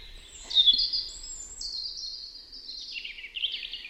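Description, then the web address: European robin song, a thin high warbling phrase of sweet whistles and rapid trills that slide up and down in pitch, flowing without a break for about three seconds. "Deverinetal 2025 File origin Bird Only Er Ru"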